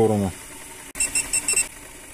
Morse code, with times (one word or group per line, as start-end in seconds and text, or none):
none